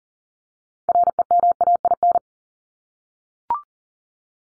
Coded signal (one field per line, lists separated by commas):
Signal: Morse code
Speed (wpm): 40 wpm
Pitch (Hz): 700 Hz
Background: none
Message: REMAIN